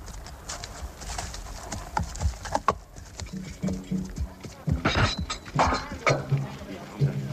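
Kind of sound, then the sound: animal, horse hooves clip-clopping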